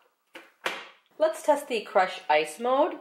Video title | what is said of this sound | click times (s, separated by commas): KitchenAid 5 Speed Diamond Blender Review Black Friday Amazon 2016 Best Seller | and turn clockwise until you hear it lock. | 0.7 s